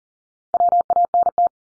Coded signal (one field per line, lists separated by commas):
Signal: Morse code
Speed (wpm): 40 wpm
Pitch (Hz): 700 Hz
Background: none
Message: WANT